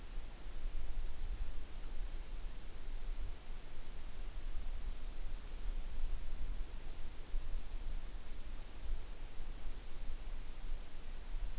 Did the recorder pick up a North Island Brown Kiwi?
no